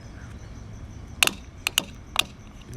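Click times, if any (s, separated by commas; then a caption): 1.2 s, 1.7 s, 1.8 s, 2.2 s. A second new fuel cap is screwed onto the filler neck of a 4-door Honda Civic sedan to fix an evap leak (code P1456), tightening until its ratchet clicks at least the minimum of three times. Sharp, bright ratchet clicks sound at 1.2, 1.7, 1.8 and 2.2 seconds over a quiet background. The cap is judged good once it has clicked.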